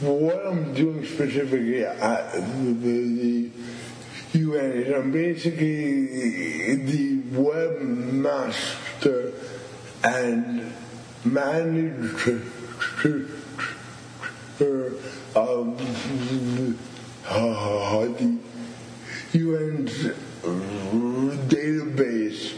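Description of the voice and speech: A 29-year-old man from Montreal who stutters and also has cerebral palsy speaks slowly and effortfully, stretching sounds and syllables, including one held for nearly two seconds, with long silent blocks of up to three seconds in mid-phrase. These prolongations and blocks are typical of stuttering.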